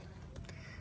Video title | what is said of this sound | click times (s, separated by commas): Rear Brake Caliper And Rotor Replacement On 2003 Toyota Camry | then when installing just put one down in there and then the other one will snap in place like that | 0.4 s, 0.5 s